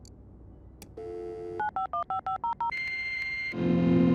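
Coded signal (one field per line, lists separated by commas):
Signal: DTMF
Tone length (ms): 120 ms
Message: 95155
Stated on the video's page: DTMF tones in the hacking adventure game Mainlining, played live.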